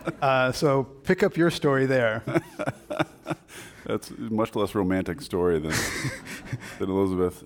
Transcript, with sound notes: So pick up your story there.
[Laughing]. That’s much less romantic story than Elizabeth.